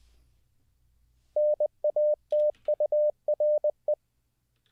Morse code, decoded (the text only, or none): NATURE